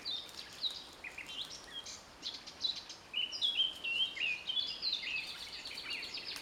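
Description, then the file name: Eurasian blackcap song, starting with scattered high twitters and building into a rich, fluty warbling phrase over the last few seconds. "Sylvia atricapilla"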